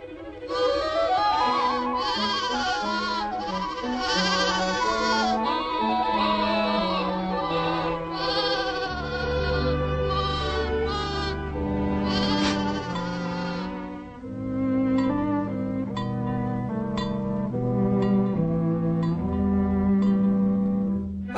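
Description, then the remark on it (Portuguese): A flock of sheep and lambs bleat over one another without pause, a loud wavering chorus of high and low cries that keeps going for about twenty seconds, with no talking. “Escolha uma ovelha que mais gostarem. Ela será sua mãe.”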